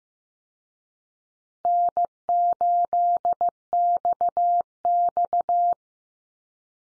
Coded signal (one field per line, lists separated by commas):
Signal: Morse code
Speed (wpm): 15 wpm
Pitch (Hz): 700 Hz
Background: none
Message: N8XX